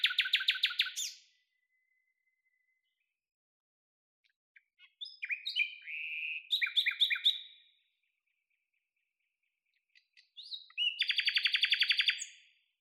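Common nightingale song: three phrases of loud, fast trills and throaty repeated notes, broken by several seconds of quiet.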